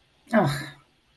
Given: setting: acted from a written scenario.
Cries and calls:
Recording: vocal sound without words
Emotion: disappointment

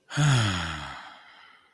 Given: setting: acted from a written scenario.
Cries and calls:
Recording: vocal sound without words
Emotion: serenity

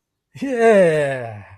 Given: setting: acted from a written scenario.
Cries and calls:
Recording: vocal sound without words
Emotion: triumph

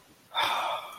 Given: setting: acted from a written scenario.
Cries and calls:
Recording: vocal sound without words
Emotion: guilt

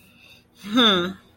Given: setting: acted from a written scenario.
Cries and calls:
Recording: vocal sound without words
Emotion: contempt

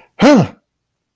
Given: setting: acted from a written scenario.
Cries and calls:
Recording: vocal sound without words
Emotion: triumph

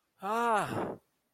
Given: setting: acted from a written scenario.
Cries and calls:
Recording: vocal sound without words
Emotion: fear

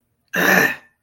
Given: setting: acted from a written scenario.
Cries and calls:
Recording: vocal sound without words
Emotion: anger

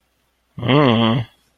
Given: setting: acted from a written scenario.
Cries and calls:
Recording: vocal sound without words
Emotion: neutral

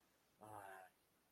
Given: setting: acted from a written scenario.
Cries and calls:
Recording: vocal sound without words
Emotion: anger

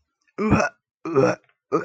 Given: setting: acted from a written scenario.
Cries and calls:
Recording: vocal sound without words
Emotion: disgust

